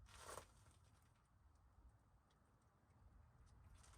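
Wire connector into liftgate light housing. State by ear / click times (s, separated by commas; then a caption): not seated / none. A wire connector is handled against its plastic connector in the liftgate light housing of a 2021 Toyota RAV4 during liftgate light installation. A brief broadband rustle near 0.3 s gives way to faint handling scrapes over a low steady rumble. Nothing has seated or clicked yet.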